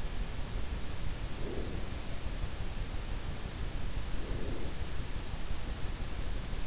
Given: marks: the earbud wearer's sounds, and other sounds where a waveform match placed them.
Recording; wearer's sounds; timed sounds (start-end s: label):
sounds in sleep by an in-ear microphone; breath
1.00-2.17 s: breath
3.88-4.97 s: breath